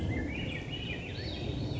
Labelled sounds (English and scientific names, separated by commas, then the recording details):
Swainson's Thrush (Catharus ustulatus)
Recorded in Sonoma County, California